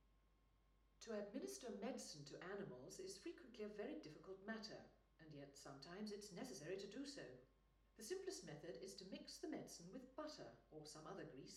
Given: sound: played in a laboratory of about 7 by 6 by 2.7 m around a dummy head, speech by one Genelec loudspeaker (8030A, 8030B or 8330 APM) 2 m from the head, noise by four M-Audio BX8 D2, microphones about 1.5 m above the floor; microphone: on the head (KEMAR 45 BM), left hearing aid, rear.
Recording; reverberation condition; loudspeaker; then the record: female speech in English; medium; 60 degrees to the left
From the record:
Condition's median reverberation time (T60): about 510 ms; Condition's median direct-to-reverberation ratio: about -0.5 dB